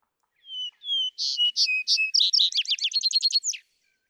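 Vesper sparrow song opening with two drawn-out whistles, followed by several louder clipped notes and a quick trill ending in a slurred note.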